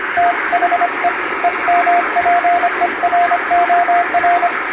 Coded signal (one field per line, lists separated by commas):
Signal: Morse code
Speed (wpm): 25 wpm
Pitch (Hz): 700 Hz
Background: radio noise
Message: THE EMPEROR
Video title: ノイズに埋もれるモールス符号を受信してみよう！昔なつかしい短波の雑音に埋もれていたＣＷを聞いて昭和を思い出そう！ハムの受信練習にも(morse practice for radio operator)